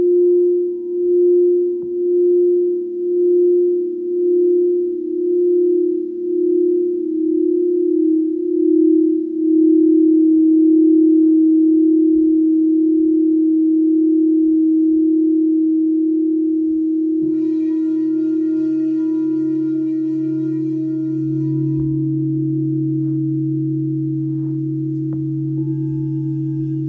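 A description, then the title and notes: Crystal singing bowls hum a steady pure tone that pulses in slow waves early, then smooths out; a lower second bowl joins around seventeen seconds. Crystal Singing Bowls. Sound Bath.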